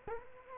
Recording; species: mosquito wingbeat signal from an infrared sensor; Culex quinquefasciatus